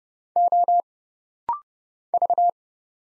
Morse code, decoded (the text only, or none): O V